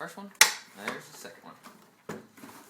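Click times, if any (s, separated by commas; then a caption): 2.1 s. After a new belt is fitted, the ends of a vacuum brushroll are pressed into the plastic vacuum cleaner base while someone talks. A sharp click at 2.1 seconds is followed by another, and the brushroll is seated in the cleaner head.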